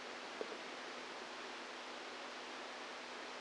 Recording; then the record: brain microelectrode recording played as sound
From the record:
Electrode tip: outside the subthalamic nucleus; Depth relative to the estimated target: 2 mm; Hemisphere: right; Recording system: NeuroSet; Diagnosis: Parkinson's disease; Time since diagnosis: 10 years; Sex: female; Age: 45 years